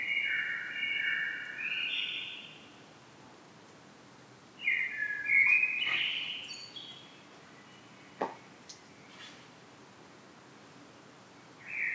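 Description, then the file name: Common blackbird song: low fluty warbled phrases with a rising twist, then a high scratchy twitter, separated by short silences; a brief click is also heard. "Turdus merula"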